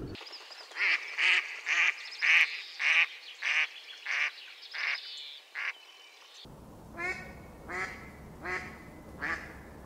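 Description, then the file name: Mallard quacking: a loud run of harsh, nasal quacks that gradually weaken, then after an abrupt cut a quieter series of evenly spaced quacks. "mallard duck sound"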